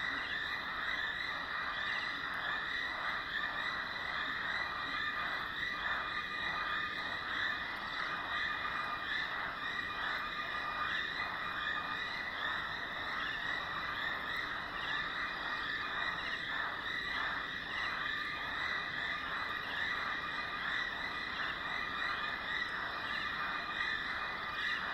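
Around a dry stretch of the Limpopo River at the start of the rainy season, a dense, steady chorus of insect or frog calls fills the scene with bright, pulsing trills. Rapid rhythmic pulses repeat throughout over a faint low rumble, without pause.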